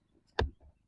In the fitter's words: Just ഒന്ന് press ചെയ്തു കഴിഞ്ഞാൽ അവിടെ ലോക്ക് ആവും.